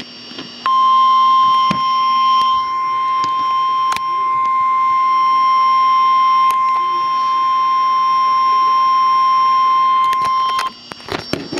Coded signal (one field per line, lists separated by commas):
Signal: Emergency Alert System (SAME) tones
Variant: 1050 Hz attention tone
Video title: {TRIPLE HEADER!!!} Severe Thunderstorm Warnings (EAS #31-33)